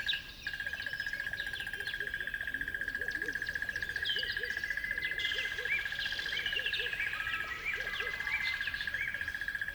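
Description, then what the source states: Birds chirping and whistling in a dense chorus, with low repeated notes and a steady pulsing drone beneath. At dawn on a river bed.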